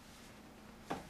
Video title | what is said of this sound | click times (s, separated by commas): Matinee Easy Assembly | When you hear a click, you know you're done, and the back won't separate from the seat. | 0.9 s